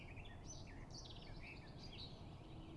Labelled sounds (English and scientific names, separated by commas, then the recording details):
Eurasian Blackcap (Sylvia atricapilla)
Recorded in Germany
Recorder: ecoPi